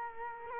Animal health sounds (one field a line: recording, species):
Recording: mosquito wingbeat signal from an infrared sensor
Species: Culex quinquefasciatus